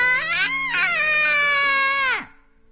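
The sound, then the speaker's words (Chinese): A voice acts out the long, loud, angry scream of a story character, Lisa, when she is too angry to hold it in: one sustained, shrill, strained cry held for about two seconds, its pitch wavering before it drops and breaks off abruptly. “当丽莎很生气，气得再也忍不住的时候，便会大声尖叫，叫声持续了好久好久，啊！”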